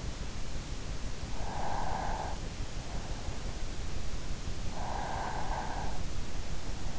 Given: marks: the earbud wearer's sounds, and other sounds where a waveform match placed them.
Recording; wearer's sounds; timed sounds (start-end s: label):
sounds in sleep by an in-ear microphone; breath
0.82-2.94 s: breath
4.42-6.31 s: breath